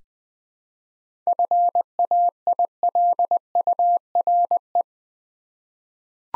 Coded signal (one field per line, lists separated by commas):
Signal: Morse code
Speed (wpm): 20 wpm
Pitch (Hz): 700 Hz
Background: none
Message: FAILURE